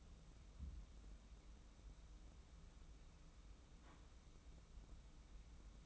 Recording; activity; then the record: daily activity, microphone in the room; wipe stove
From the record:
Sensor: 1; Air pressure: 994.4 hPa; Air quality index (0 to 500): 232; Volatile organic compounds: 1000 ppm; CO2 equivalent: 8372 ppm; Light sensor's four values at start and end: 138/317/141/154 and 138/317/141/154